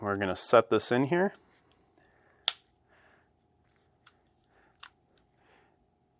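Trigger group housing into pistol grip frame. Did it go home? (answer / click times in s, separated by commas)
yes / 2.5 s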